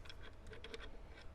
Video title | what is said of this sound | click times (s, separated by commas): Marlin Model 30 G Too Far Gone: Anvil 146 | All right. So, you heard it click, right? So, that piece is in. | 0.7 s